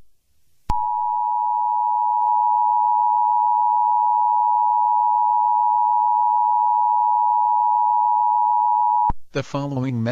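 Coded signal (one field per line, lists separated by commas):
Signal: Emergency Alert System (SAME) tones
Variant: 853 and 960 Hz attention tone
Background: speech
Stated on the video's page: A fictional horror EAS scenario about an SCP entity.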